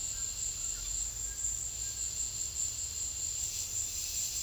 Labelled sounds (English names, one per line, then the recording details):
none
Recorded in secondary vegetation near Puerto Asís, Putumayo, Colombia, on 28 February 2025 at 14:30
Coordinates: 0.500, -76.326
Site GP04